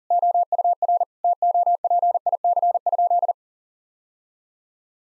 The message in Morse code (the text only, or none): OUR TOPIC?